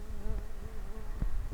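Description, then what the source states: Common carder bee buzzing with a low, steady droning hum that wavers gently in pitch, with a few soft bumps and knocks. Worker bees.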